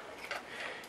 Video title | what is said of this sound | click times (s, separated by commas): Kolibri U818A-WIFI Delta-Recon HD Camera Drone | does come with a screw back here this locks in place pretty good I don't know if you really need it | 0.3 s